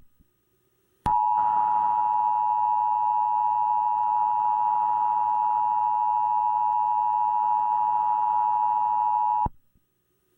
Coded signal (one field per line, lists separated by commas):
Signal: Emergency Alert System (SAME) tones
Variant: 853 and 960 Hz attention tone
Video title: All types of Emergency Alerts on television and Radio from the Emergency Alert System